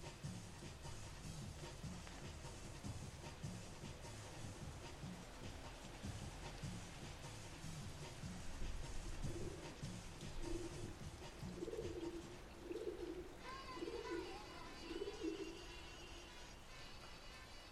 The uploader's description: sounds of under the bridge just a bit up from the pirate club on the Regent's Canal, and some music